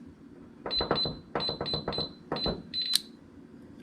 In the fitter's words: heard it release